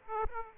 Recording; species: mosquito wingbeat signal from an infrared sensor; Aedes aegypti